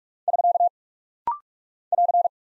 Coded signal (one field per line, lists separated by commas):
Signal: Morse code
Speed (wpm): 46 wpm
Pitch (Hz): 700 Hz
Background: none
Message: <SK> <AR>